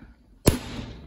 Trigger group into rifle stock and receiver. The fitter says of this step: there you hear a loud click do not worry you did not break it look at that it